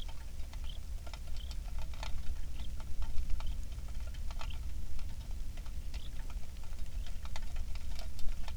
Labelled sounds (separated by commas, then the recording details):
songbird, rain
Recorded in the Prudhoe Bay oil fields, Alaska, on 27 July 2019 at 18:02
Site 19